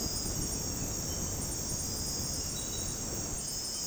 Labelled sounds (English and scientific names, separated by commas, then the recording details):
none
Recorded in dense forest near Puerto Asís, Putumayo, Colombia, on 20 February 2024 at 02:30
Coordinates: 0.486, -76.316
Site G6437